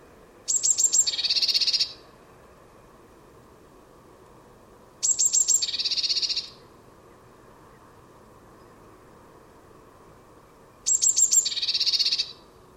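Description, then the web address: Bird song repeated three times at intervals of about five seconds, each phrase made of high piercing notes leading into a short, rapid buzzy trill. "cianscape birddata Deverinetal 2025 Bird Only Cy Ca"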